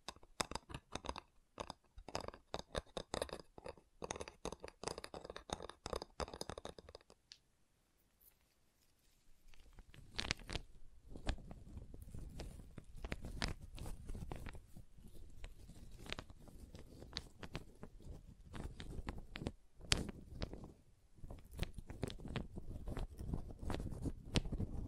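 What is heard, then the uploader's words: Wood triggers: quick tapping and scratching on wood, dense clicks in the first seven seconds, then a near-silent pause. From about ten seconds a deeper, rougher rubbing and crunching sets in, with sharp knocks scattered throughout and a brief dip near twenty seconds. ASMR Calming Wood Triggers for Sleep (No Talking).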